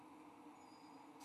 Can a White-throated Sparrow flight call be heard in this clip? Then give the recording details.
no. No flight call is heard. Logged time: 03:20 on 29 November 2014